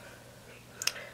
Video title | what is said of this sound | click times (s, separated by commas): How to Upgrade your Laptop Ram | and press down and it will snap into place so very very simple process | 0.8 s, 0.9 s